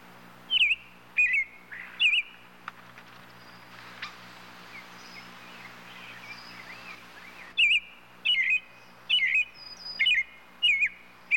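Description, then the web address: Robin calls: sharp, slurred chirps with a high overtone, first a burst of three, then after a pause a longer series, over a steady low hum. "bird robin robin calls animal"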